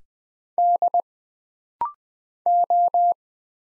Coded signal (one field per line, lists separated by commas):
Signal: Morse code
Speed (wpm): 20 wpm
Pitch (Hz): 700 Hz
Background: none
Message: D O